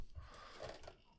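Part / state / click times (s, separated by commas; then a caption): toy slider into locked lower position / not seated / none. A plastic slider on a Power Rangers ZAP MZ-0602 Astro Megazord combining robot toy is handled as it is about to be slid all the way down into its locked lower position. Soft plastic rustling and scraping are heard, with a brief faint tick near 0.9 s. Nothing has clicked into place yet.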